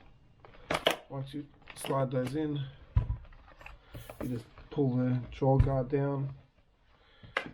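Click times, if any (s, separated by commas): 7.4 s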